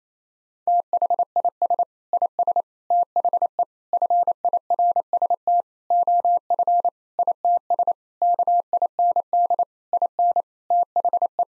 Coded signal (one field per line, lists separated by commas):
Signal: Morse code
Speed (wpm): 28 wpm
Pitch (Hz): 700 Hz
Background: none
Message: THIS IS THE FIRST OF ITS KIND IN THE